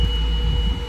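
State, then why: Not seated. The emergency exit door latch of a van body is handled during a pre-trip inspection. A steady high tone near 3 kHz and a fainter one near 500 Hz sound over a low rumble that fades slightly toward the end. Nothing has latched or clicked yet.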